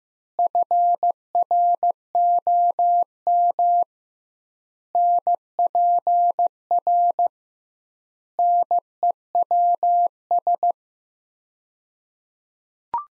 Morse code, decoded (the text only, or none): FROM NPR NEWS